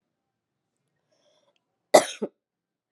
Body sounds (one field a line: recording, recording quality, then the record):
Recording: shallow voluntary cough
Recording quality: excellent, no background noise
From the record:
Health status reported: COVID-19 positive, moderate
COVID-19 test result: positive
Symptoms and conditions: cough, cold, fever, fatigue, muscle pain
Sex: female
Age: 49 years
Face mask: not worn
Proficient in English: yes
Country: India